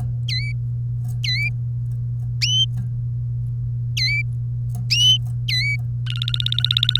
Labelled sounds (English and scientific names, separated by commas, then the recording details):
Domestic Canary (Serinus canaria) song
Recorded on 3 May 2018 at 12:26
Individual llb3